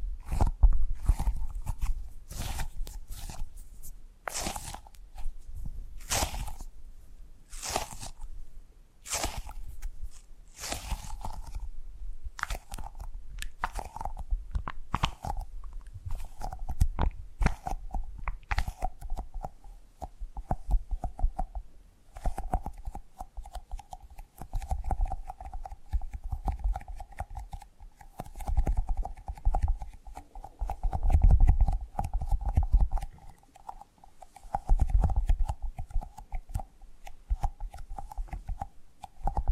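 Tapping and gripping sounds, with sharp bright taps landing every second or so early on, then growing denser and quicker toward the end. A steady mid-pitched tone hums underneath throughout, joined by soft crunchy, chewing-like rustles and low thumps.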